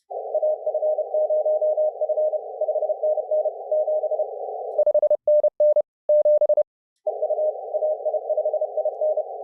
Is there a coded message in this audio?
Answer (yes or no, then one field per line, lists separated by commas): yes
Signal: Morse code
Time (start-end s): 0.3-9.2 s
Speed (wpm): 30 wpm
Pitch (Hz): 620 Hz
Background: none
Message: AF0F 5NN 7 5NN 7 EU AI5IN